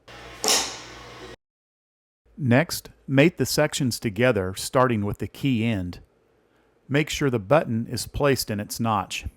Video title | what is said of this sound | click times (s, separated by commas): Replacing a Chevy Equinox Key Fob Battery - 2018-2020 | the battery into the housing with a gentle press it should snap right into place next | 0.5 s